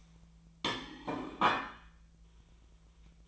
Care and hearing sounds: daily activity, microphone in the room; place plate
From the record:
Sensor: 1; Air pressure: 1009.4 hPa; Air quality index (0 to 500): 195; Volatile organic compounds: 19 ppm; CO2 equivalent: 2671 ppm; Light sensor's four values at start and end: 29/75/31/37 and 30/75/31/37

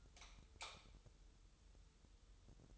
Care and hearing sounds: daily activity, microphone in the room; light off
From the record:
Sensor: 3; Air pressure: 988.3 hPa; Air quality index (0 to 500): 188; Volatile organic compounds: 242 ppm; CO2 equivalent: 4338 ppm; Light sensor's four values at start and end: 11/29/12/12 and 8/20/8/9

